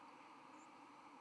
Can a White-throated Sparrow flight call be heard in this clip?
no